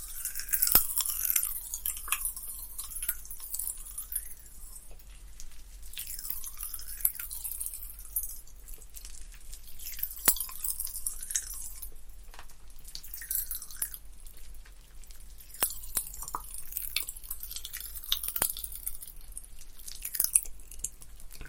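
Popping candy crackles, a dense, bright fizz of tiny snaps running through the whole clip. Sharp louder pops stand out every few seconds, around 1, 10, 15 and 18 seconds, over soft wet chewing and mouth sounds.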